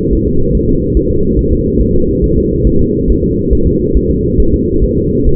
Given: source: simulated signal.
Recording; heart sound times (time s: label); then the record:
fetal heart sounds
0.13 s: S1
0.27 s: S2
0.55 s: S1
0.69 s: S2
0.97 s: S1
1.11 s: S2
1.39 s: S1
1.53 s: S2
1.81 s: S1
1.95 s: S2
2.24 s: S1
2.38 s: S2
2.67 s: S1
2.81 s: S2
3.10 s: S1
3.24 s: S2
3.53 s: S1
3.67 s: S2
3.97 s: S1
4.11 s: S2
4.40 s: S1
4.54 s: S2
4.84 s: S1
4.98 s: S2
5.27 s: S1
From the record:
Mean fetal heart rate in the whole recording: 140 bpm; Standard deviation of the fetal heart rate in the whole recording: 2 bpm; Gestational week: 34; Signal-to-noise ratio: -16.4 dB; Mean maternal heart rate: 72 bpm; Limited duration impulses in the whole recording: present